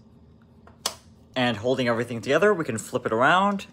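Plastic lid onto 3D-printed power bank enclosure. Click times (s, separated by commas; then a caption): 0.9 s. A 3D-printed plastic lid is pressed onto a DIY fast-charging USB power bank enclosure, with faint ticks before a sharp snap at 0.9 s as the lid seats in place. Someone then talks.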